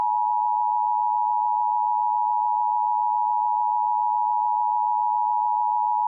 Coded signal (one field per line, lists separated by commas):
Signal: Emergency Alert System (SAME) tones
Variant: 853 and 960 Hz attention tone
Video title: EAS Scenario #3: Critical Flare